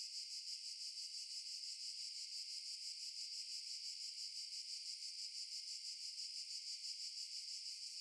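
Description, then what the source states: Cicada call: continuous high, hissing drone with a rapid regular throb, unbroken throughout, no other sounds. Recorded in underbrush.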